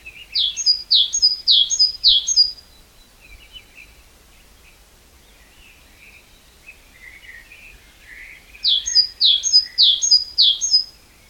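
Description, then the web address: Great tit repeating a bright two-part phrase four times in quick rhythm, then quiet scattered chirps before four more phrases. "SETE Parus major"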